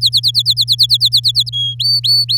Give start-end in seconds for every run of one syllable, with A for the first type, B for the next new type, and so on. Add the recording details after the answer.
0.01-1.50 A, 1.52-1.75 B, 1.79-2.38 C. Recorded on 8 May 2018 at 06:18. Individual llb16